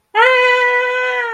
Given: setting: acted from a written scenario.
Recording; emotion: vocal sound without words; fear